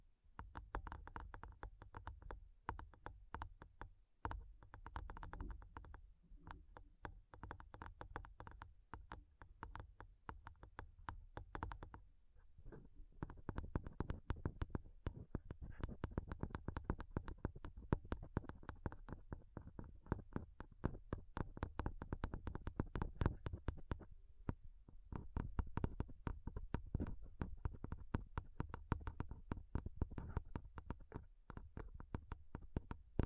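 Fingernails tap rapidly on a microphone, a dense stream of sharp clicks with deep thumps underneath. The tapping runs nearly continuously for the whole half minute, briefly thinning around twelve seconds and again near twenty-four, then returning just as busy and intense.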